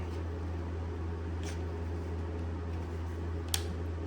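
A plastic mounting tab on an HID projector retrofit headlight assembly is pushed into its headlight mount on an OBS Chevy truck, over a steady low hum. At 3.5 s the second tab gives a loud, sharp click as it snaps home, and the assembly is seated.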